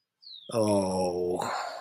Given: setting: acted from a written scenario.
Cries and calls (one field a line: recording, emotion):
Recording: vocal sound without words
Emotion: guilt